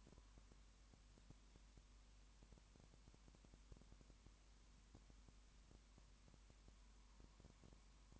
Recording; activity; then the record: daily activity, microphone in the room; no activity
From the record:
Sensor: 1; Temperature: 19.2 degrees Celsius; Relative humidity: 37.8%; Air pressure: 1001.1 hPa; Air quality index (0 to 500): 197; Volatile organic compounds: 7 ppm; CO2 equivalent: 1995 ppm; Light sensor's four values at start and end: 1/2/1/1 and 1/2/1/1